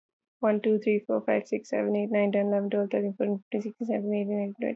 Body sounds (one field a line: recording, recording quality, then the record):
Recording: counting at a fast pace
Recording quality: excellent, no background noise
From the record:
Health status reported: healthy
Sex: female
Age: 23 years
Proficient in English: yes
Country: India